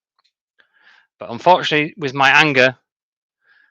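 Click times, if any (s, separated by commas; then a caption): none. A 3D-printed plastic latch piece is pushed into its mount on a printer, but its locking wedge has been snapped off, so it no longer latches. Only a few faint, small rattling hits sound early on, around 0.2, 0.3 and 0.6 seconds, before someone talks. Nothing has seated or clicked, and the latch fails to lock.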